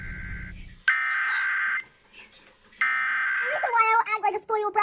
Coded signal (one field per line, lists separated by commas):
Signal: Emergency Alert System (SAME) tones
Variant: header bursts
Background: speech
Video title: Required Weekly Tests On WXL46, & KDO89 [EAS #367 - 368]